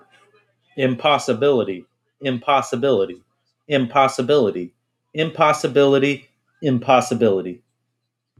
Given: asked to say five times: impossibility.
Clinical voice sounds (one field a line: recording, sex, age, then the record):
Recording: repeated word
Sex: male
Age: 20 to 29 years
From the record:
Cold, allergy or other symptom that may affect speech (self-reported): no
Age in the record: 29 years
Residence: Indiana, United States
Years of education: 13